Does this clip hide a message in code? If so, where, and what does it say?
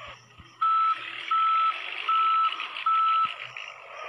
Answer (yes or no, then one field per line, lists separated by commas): no